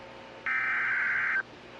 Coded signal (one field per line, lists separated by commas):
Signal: Emergency Alert System (SAME) tones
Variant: header bursts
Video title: Dust Bowl in LA EAS scenario ￼